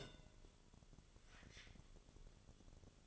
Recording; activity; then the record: daily activity, microphone in the room; take from stove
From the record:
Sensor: 4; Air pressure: 1008.9 hPa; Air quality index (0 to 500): 133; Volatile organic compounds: 1 ppm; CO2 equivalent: 968 ppm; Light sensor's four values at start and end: 11/25/10/9 and 11/25/10/9